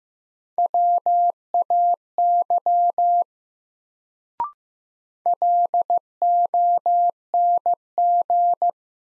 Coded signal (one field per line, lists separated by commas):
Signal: Morse code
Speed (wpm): 15 wpm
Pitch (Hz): 700 Hz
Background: none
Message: WAY LONG